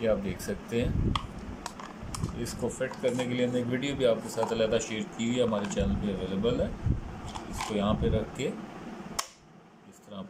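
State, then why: Seated. A 30 bore pistol is placed into a holster cover and pressed in while someone talks. A sharp snap at 9.2 s marks the pistol locking into the middle of the holster so it no longer falls out.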